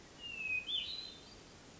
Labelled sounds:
Hermit Thrush (Catharus guttatus)
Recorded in Sonoma County, California

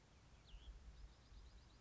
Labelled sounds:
Cassin's Vireo (Vireo cassinii)
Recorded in Sonoma County, California

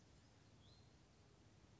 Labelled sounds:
Hutton's Vireo (Vireo huttoni)
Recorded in Sonoma County, California

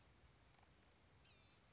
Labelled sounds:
Blue-gray Gnatcatcher (Polioptila caerulea)
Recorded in Sonoma County, California

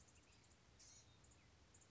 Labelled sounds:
Blue-gray Gnatcatcher (Polioptila caerulea)
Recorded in Sonoma County, California

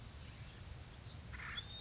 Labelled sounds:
Acorn Woodpecker (Melanerpes formicivorus)
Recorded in Sonoma County, California

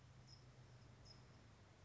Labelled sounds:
California Towhee (Melozone crissalis)
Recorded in Sonoma County, California

